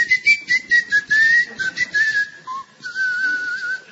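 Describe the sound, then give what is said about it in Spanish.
A person whistles in imitation of snakes: a series of short, wavering high-pitched bursts, a brief lower note, then one longer sustained warbling whistle, fairly loud with no talking. “Entrelazadas, enmarañadas, producían un huevo que sostenían en el aire emitiendo silbidos.”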